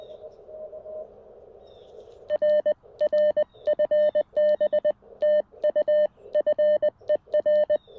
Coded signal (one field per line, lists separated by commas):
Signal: Morse code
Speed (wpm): 20 wpm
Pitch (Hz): 600 Hz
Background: none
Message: RR FB TU FER